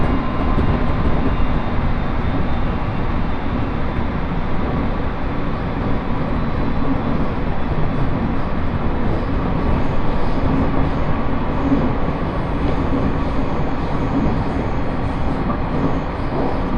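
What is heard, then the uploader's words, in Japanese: A train on the Uetsu Main Line runs from Ugo-Honjō toward Akita, its rumble steady and dense for the whole stretch. Low rolling noise dominates, with a faint hum running through it and light rattles and clacks scattered throughout, without any clear pause. 耳で楽しむ鉄道旅 羽越本線 羽後本荘→秋田。今度は桂根駅を通過する列車なので１つ停車駅が少なくなります。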